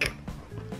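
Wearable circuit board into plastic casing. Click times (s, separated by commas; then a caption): 0.0 s. A Mover wearable circuit board, started in at an angle, is pushed down into its plastic casing and clicks into place with a sharp hit at 0.0 s. Softer creaking follows around 0.3 s and 0.7 s, and the board ends up seated in the casing.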